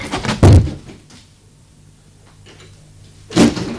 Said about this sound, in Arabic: ها هو. أغلق الباب.